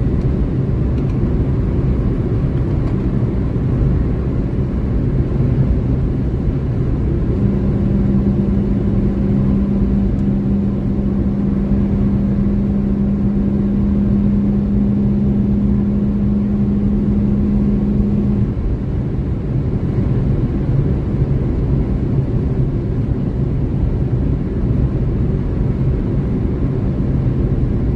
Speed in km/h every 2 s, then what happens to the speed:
155, 155, 153, 153, 154, 155, 157, 158, 159, 159, 158, 157, 156, 155.
0-28 steady at about 155.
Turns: none.